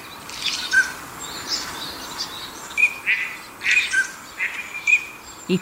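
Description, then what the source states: Northern pintail calls: short clear whistles at two pitches scattered throughout, mixed with soft breathy rasping bursts. Recorded in the suburbs of Tokyo, Japan.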